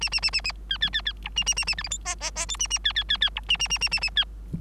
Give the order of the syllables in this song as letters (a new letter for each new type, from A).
A A A A A B B B B C A A A A D E F G G G H A A B B B B C A A A A A A B